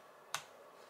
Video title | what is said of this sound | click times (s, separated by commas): Road Angel Halo Ultra Review - Part 4 of 5 Halo Series - 4K Dash Cam | there you go you heard that little click and that's the dash cam held nice and steady | 0.3 s